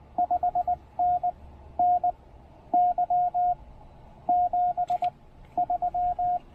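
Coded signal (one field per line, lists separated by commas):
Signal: Morse code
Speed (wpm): 20 wpm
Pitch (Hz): 690 Hz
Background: radio noise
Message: 5NN Y 73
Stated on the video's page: QRP CW on 20 meters during a Parks on the Air activation using a TR-45 transceiver and Tufteln end-fed random wire antenna.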